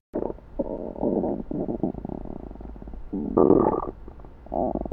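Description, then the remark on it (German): Continuous low stomach gurgling and churning as the stomach mixes eaten food and drink like a mixer, a bubbly, rumbling mix of squelches that swells and fades in uneven bursts, loudest briefly near the middle, with no voices. “Was ihr so esst und trinkt, wird im Magen einfach wie in einer Mischmaschine zusammengemischt.”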